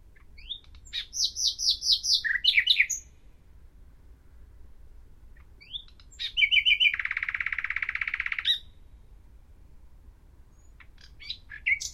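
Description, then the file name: Common nightingale song: rapid repeated high notes, then a long dry buzzy rattle, with short chirps at the end; phrases separated by pauses. "Luscinia megarhynchos"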